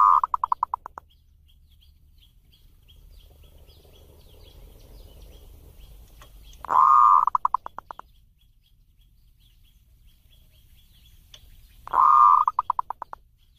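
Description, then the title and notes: Zebra dove repeating its phrase three times, each a smooth coo followed by a quick stuttering series of notes, with faint chirps in the pauses. Compilation of zebra dove song intended for training (mastering) other birds. "Kupulan Burung Perkutut Pm3. burung perkutut yang bisa digunakan untuk memaster"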